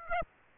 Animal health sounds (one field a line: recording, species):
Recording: mosquito wingbeat signal from an infrared sensor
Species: Aedes aegypti